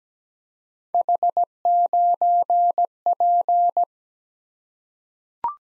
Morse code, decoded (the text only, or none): H9P